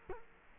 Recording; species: mosquito wingbeat signal from an infrared sensor; Culex quinquefasciatus